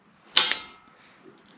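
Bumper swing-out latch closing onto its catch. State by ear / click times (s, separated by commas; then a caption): seated / 0.4 s. The swing-out latch on a Rockhard 4x4 bumper fitted to a Jeep ZJ is pushed further onto its catch until it takes its second click, so the rubber bump stop makes firm contact with no vibration. A sharp click lands at 0.4 s, followed by a smaller knock at 0.5 s and a ringing tail that fades by about 0.8 s. The latch locks and is seated on the second click.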